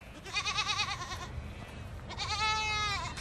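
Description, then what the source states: Goat kids bleating: two long bleats, the first quavering, the second steadier, over low background noise. Nineteen dairy goat kids come running when Leo Phelan opens his gate and are reunited with their mothers; the herd is being bred as four-legged lawnmowers; farm on Queensland's Sunshine Coast.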